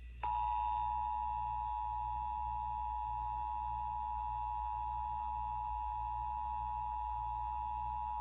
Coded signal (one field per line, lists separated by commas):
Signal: Emergency Alert System (SAME) tones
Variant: 853 and 960 Hz attention tone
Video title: EAS: May 2023 Tennessee RMT on WCJK